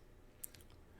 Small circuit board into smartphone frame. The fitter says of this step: it will make some satisfying clicks when it does go all the way down